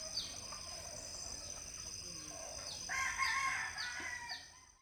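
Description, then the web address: Chicken calling softly, with a harmonic call in the second half, amid a background of repeated high chirps. Hens in a quiet village in the Philippines, recorded early in the morning. "Charlie Atanasyan - Philippines sound library by Faunethic Village quiet chicken hen symphony early the morning"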